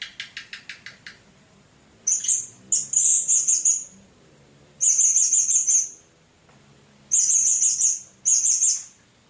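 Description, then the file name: Blue-crowned hanging parrot: a quick run of sharp clicks opens, then the blue-crowned hanging parrot delivers several bursts of shrill, trilled buzzy notes, each about a second long, over a steady high hum. "serindit"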